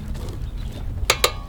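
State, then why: Torque reached. A torque wrench tightens the next wheel lug nut in a cross pattern over a low background rumble. It clicks sharply at its set torque at 1.1 s and again at 1.2 s, confirming the nut is torqued.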